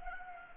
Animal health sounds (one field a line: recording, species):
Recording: mosquito wingbeat signal from an infrared sensor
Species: Culex pipiens